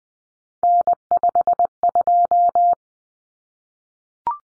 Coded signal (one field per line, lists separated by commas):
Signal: Morse code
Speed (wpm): 20 wpm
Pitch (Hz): 700 Hz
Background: none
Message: N52